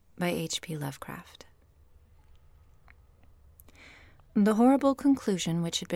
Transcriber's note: cave ambiance